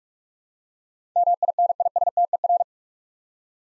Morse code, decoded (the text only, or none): MINISTER